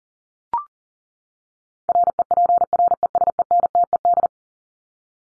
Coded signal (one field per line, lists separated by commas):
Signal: Morse code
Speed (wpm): 40 wpm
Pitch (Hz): 700 Hz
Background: none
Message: REPRESENTED